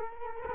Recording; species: mosquito wingbeat signal from an infrared sensor; Culex quinquefasciatus